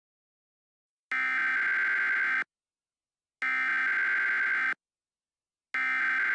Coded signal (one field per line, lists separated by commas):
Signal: Emergency Alert System (SAME) tones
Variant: header bursts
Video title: #SharkWeek EAS Scenario: Deep Blue